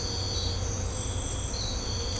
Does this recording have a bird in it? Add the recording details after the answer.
no. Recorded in secondary vegetation near Puerto Asís, Putumayo, Colombia, on 18 December 2024 at 05:30. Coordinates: 0.502, -76.326. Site G028